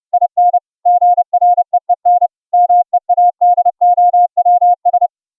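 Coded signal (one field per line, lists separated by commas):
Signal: Morse code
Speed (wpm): 30 wpm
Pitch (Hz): 710 Hz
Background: none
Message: IN GREEN MEADOWS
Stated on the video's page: CW audio tones generated by FLdigi software and sent over the internet via UltraGrid with the OPUS codec at 64k.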